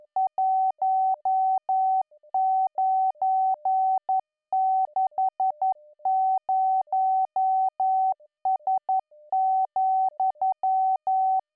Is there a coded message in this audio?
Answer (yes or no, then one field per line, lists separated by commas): yes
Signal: Morse code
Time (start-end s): 0.2-11.4 s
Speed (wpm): 11 wpm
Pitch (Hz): 760 Hz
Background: none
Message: 1960S,